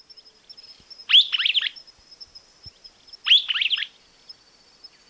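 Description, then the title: Streaked flycatcher giving two squeaky, chattering call phrases of several quick downslurred notes, about two seconds apart, over a thin continuous high hum. Subspecies solitarius. "LuckyPassaro Completos2Sama. Streaked Flycatcher"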